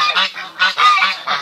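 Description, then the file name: Pekin duck quacking in a series of loud, nasal, honking calls, several in quick succession. "canto do pato de pequim"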